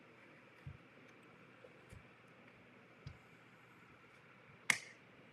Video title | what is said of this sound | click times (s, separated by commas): Vendetta - Wiring and Electronics | clicked in place. | 4.7 s